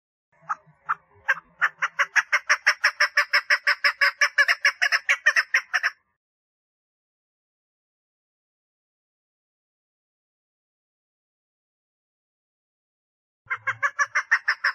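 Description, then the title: Partridge giving a few scattered notes that launch into a long steady rattle of harsh repeated notes, then silence, then the rattle starts again. "Perdiz Cantando"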